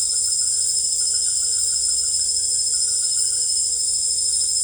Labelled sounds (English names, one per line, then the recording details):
none
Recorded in secondary vegetation near Puerto Asís, Putumayo, Colombia, on 26 December 2024 at 18:30
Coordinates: 0.488, -76.319
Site GP04